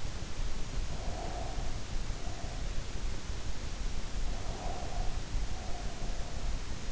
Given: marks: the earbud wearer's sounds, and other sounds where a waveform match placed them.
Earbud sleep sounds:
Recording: sounds in sleep by an in-ear microphone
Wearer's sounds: breath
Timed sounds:
0.89-2.90 s: breath
4.40-6.54 s: breath

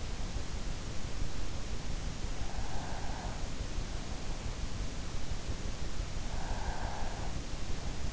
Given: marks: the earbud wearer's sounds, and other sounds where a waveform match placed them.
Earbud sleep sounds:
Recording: sounds in sleep by an in-ear microphone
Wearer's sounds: breath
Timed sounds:
2.23-3.77 s: breath
6.00-7.55 s: breath

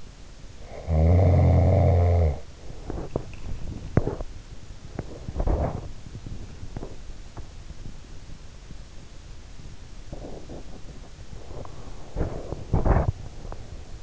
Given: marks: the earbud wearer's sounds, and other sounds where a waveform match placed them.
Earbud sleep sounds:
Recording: sounds in sleep by an in-ear microphone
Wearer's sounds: snoring breath, body movement, swallowing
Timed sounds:
0.54-2.57 s: snoring breath
2.84-14.03 s: body movement
3.08-3.87 s: swallowing
6.64-7.52 s: swallowing

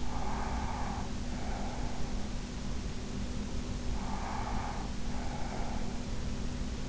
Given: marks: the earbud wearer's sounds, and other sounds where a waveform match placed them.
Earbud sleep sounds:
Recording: sounds in sleep by an in-ear microphone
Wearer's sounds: breath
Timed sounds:
0.00-2.17 s: breath
3.83-6.11 s: breath

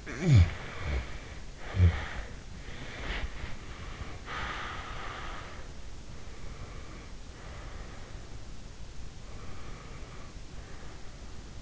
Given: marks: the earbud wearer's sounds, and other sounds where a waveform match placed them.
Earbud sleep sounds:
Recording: sounds in sleep by an in-ear microphone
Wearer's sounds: snoring breath, body movement, breath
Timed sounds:
0.00-2.48 s: snoring breath
2.58-3.60 s: body movement
3.43-5.76 s: breath
6.00-8.47 s: breath
9.13-11.62 s: breath

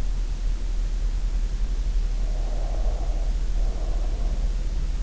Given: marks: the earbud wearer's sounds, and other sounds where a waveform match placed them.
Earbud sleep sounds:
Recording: sounds in sleep by an in-ear microphone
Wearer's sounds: breath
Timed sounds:
2.21-4.75 s: breath

